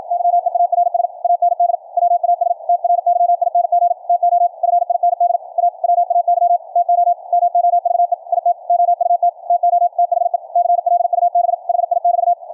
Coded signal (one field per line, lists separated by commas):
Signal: Morse code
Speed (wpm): 55 wpm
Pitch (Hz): 700 Hz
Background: radio noise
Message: YEARS AND WAS TRYING TO FIND A WAY TO MOVE IT OUT TO THE CLUB HI<BT>